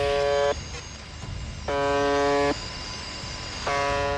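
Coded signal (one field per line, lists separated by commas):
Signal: numbers station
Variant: UVB-76 (The Buzzer)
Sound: three harsh, low, horn-like buzzes, each under a second, repeating over radio hiss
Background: radio static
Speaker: 자, 라디오에서 끊임없이 들려오는 의문의 버저음. 이 소리는 1분에 약 25번씩 24시간 내내 송출됩니다.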